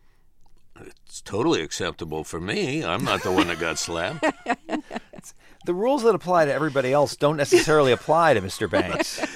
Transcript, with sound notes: It's totally acceptable for me. I'm not the one that got slapped.
(LAUGHTER)
The rules that apply to everybody else don't necessarily apply to Mr.